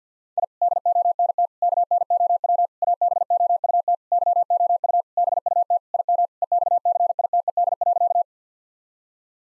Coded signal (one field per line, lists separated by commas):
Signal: Morse code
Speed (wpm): 48 wpm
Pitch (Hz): 700 Hz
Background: none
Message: I DONT KNOW ABOUT YOU BUT IM EXCITED.